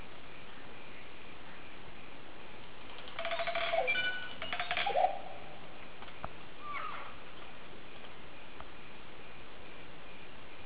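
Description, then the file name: Green oropendola gives a burst of gurgling, bubbling notes mixed with clear whistled tones for about two seconds midway, followed by a few softer notes over steady hiss. "psarocolius viridis"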